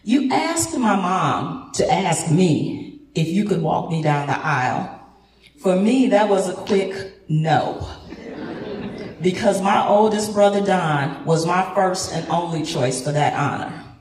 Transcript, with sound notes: You asked my mom to ask me if you could walk me down the aisle. For me that was a quick “NO”. [Laughter] Because my oldest brother Don was my first and only choice for that honor.